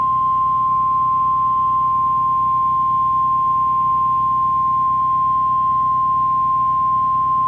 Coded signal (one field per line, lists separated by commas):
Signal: Emergency Alert System (SAME) tones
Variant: 1050 Hz attention tone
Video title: EAS #2,510-2,512 Required Weekly Tests 2/11/26